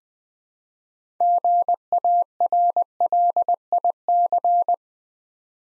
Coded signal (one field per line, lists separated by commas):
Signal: Morse code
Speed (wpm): 20 wpm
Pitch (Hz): 700 Hz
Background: none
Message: GARLIC